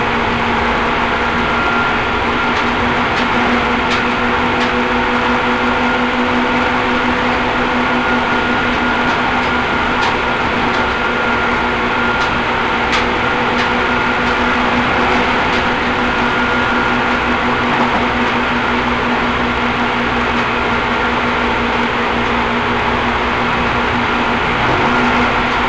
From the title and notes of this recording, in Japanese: 耳で楽しむ鉄道旅 西武鉄道 本川越→東村山→小川→萩山→青梅街道。